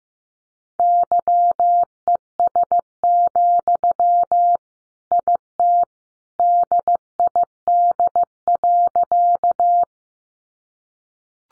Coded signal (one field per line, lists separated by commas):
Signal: Morse code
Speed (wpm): 15 wpm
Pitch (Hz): 700 Hz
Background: none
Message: YES, IT DID.